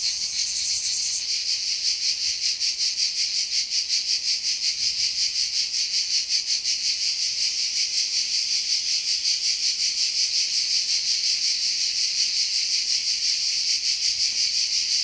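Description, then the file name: Cicada song, a sustained rasping buzz throbbing in steady pulses, about three per second, for the whole stretch. "CHANT CIGALE"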